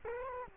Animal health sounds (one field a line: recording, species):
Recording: mosquito wingbeat signal from an infrared sensor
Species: Culex quinquefasciatus